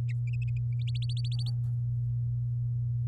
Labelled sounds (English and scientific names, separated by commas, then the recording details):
Domestic Canary (Serinus canaria) song
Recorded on 11 May 2018 at 08:11
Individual llb16